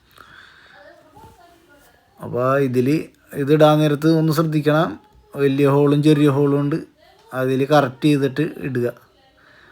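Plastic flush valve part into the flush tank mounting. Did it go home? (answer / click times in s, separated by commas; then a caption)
yes / 0.2 s. A plastic flush valve part is turned a small amount inside a toilet flush tank so it drops into its twist lock in the tank mounting, seating with a tick at 0.2 s. After that someone talks from about 2.2 s to the end.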